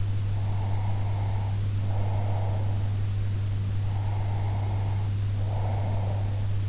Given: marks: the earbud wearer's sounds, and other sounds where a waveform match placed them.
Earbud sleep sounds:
sounds in sleep by an in-ear microphone; breath
0.32-2.95 s: breath
3.86-6.44 s: breath

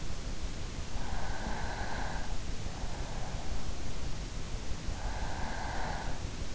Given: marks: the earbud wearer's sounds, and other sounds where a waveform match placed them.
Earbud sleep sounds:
sounds in sleep by an in-ear microphone; breath
0.99-2.59 s: breath
4.87-6.30 s: breath

